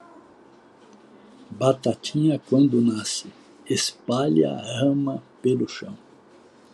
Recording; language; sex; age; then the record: short text; Brazilian Portuguese; male; 60 to 69 years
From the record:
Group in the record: control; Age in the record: 65 years